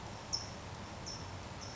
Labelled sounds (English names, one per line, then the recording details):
California Towhee
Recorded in Sonoma County, California